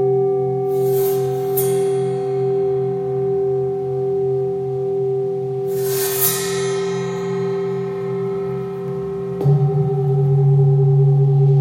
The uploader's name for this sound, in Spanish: sonoterapia con cuencos tibetanos